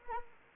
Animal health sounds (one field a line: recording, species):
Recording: mosquito wingbeat signal from an infrared sensor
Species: Anopheles arabiensis